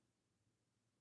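A folding knife is handled as the thumb stud is pushed in to unlock it, and the steel blade swings toward its lock in the handle. Only a quiet, steady low hum is heard, with no distinct sounds. Nothing has clicked into place yet.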